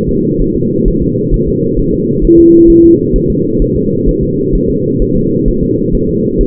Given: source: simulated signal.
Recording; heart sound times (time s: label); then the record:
fetal heart sounds
0.09 s: S2
0.42 s: S1
0.56 s: S2
0.88 s: S1
1.02 s: S2
1.34 s: S1
1.48 s: S2
1.79 s: S1
1.94 s: S2
2.25 s: S1
2.39 s: S2
2.70 s: S1
2.84 s: S2
3.16 s: S1
3.30 s: S2
3.62 s: S1
3.76 s: S2
4.09 s: S1
4.23 s: S2
4.55 s: S1
4.70 s: S2
5.02 s: S1
5.16 s: S2
5.48 s: S1
5.63 s: S2
5.95 s: S1
6.09 s: S2
6.41 s: S1
From the record:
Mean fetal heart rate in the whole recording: 130 bpm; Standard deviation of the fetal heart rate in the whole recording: 4 bpm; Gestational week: 38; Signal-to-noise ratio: -11.2 dB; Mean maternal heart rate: 72 bpm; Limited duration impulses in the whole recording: present